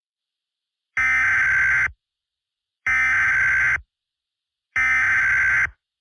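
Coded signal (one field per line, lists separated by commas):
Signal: Emergency Alert System (SAME) tones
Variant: header bursts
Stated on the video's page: Simulated EAS tones in a fan-made Garry's Mod scenario recreation.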